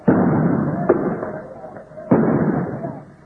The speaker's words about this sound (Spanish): Escuchan disparos de gases lacrimógenos. Los estudiantes lanzan botellas y bombas molotov y la policía contesta con disparos de bombas de gases lacrimógenos.